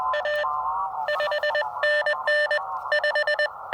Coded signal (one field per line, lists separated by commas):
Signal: Morse code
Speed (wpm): 20 wpm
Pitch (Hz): 600 Hz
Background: none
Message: A 5NN 5